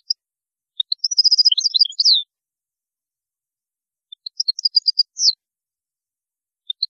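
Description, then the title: European goldfinch song, two lively twittering phrases of quick liquid notes and a short buzzy trill, separated by a pause of about two seconds. "Chant Chardonneret"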